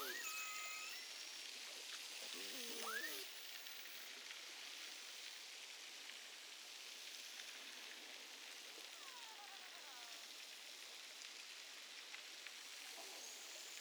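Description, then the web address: Beluga whale calls: one short burst of stacked tones with a rising whistle early on, then faint descending whistles later, all over constant underwater hiss. Northern Baffin Island, 6 August 2015, 21:36:50 UTC, recorded underwater with an autonomous acoustic recorder (AMAR). "BELUGA figures Baffin north"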